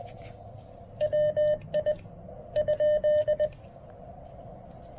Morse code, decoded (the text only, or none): WI ?